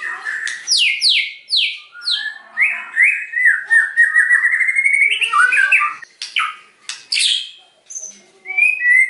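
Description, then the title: White-rumped shama song, a rich varied run of loud whistles, sweeping slurred notes and sharp downward chips, phrases rising and falling quickly with short pauses between bursts. Singing constantly (gacor), used as a lure (pancingan) to provoke other shamas into responding. "PANCINGAN MEWAH MURAI BATU GACOR"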